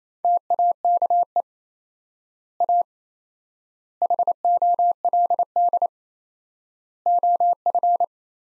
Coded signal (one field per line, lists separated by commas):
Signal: Morse code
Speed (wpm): 28 wpm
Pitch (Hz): 700 Hz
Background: none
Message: TAKE A HOLD OF